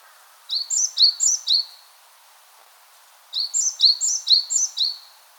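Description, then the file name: Great tit singing two bursts of ringing, see-sawing two-note phrases, each burst several notes long, separated by a quiet gap of nearly two seconds. "Parus major"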